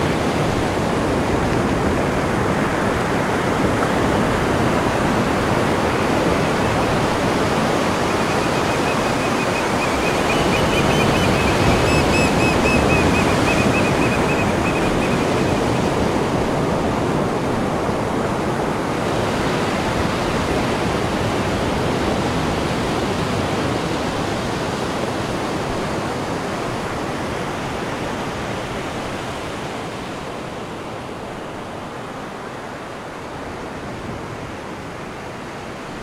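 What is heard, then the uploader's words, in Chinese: Big surf rolls in as a steady, dense wash of crashing water that fills the whole range from low rumble to bright hiss. A swell builds around ten to twenty seconds, with a faint high whine over it, then the roar eases slightly toward the end. 大自然的声音-大冲浪。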